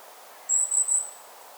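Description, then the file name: Common blackbird producing one thin, very high, level note broken into three quick pulses, over a steady hiss. "Turdus merula"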